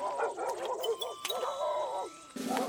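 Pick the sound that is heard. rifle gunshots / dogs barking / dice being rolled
dogs barking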